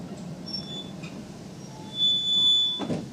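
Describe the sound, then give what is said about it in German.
A train coming into a town rumbles low and steady, then a thin, high brake squeal rises and holds for about a second as it slows to a stop, ending in a brief hiss. “Dann hält der Zug.”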